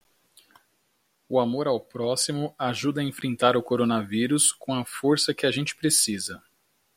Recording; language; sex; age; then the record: spoken sentence; Brazilian Portuguese; male; 30 to 39 years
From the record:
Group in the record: control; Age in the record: 39 years